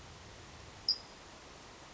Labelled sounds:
California Towhee (Melozone crissalis)
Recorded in Sonoma County, California

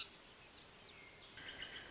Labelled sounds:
Hermit Thrush (Catharus guttatus)
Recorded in Sonoma County, California

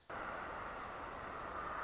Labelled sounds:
Song Sparrow (Melospiza melodia)
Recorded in Sonoma County, California

